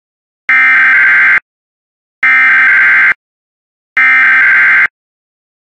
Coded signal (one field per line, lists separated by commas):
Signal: Emergency Alert System (SAME) tones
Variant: header bursts